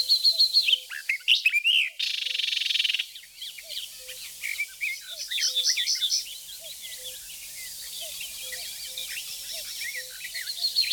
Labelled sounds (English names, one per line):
Barred Warbler song